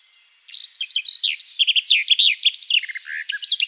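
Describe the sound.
Garden warbler song starting after a brief quiet spell, then a steady, fast stream of mellow warbling notes to the end.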